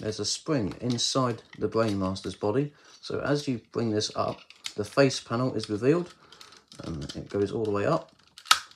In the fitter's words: and you click into place like that and that is and that is flame in robot mode